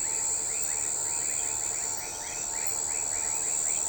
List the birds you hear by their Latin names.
none